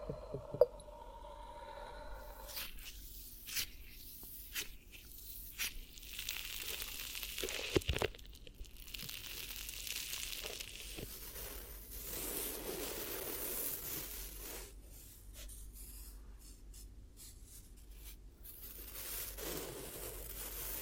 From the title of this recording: 10 Hypnotic Triggers Around Your Head and Ears